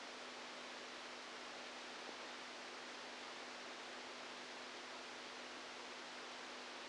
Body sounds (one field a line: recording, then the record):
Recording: brain microelectrode recording played as sound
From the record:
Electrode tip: outside the subthalamic nucleus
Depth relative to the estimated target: -8 mm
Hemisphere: right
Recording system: NeuroSet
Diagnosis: Parkinson's disease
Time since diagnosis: 8 years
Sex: male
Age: 46 years